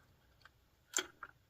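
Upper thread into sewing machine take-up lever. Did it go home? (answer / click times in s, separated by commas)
yes / 1.0 s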